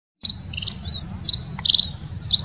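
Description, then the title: Munia: a few high, buzzy munia chirps spaced irregularly over a steady low hum. Chirping tirelessly; used as a master recording for training songbirds. "Kicau Emprit Ngoceh Tak Kenal Lelah Untuk Masteran"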